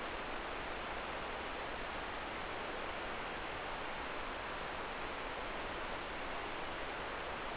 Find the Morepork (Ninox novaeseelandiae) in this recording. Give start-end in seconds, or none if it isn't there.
none